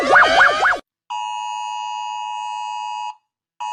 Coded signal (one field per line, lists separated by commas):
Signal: Emergency Alert System (SAME) tones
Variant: 853 and 960 Hz attention tone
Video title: Rating EAS alarms